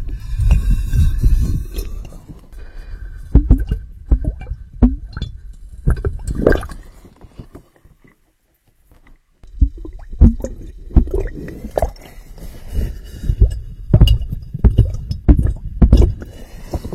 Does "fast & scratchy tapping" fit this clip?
no